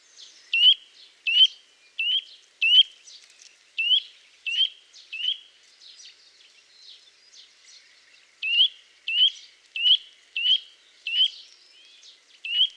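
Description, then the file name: Eurasian nuthatch giving sharp, rising calls, about seven at roughly seven-tenths of a second intervals, a short pause, then another run of similar notes, over faint background hiss. "Sitta europaea"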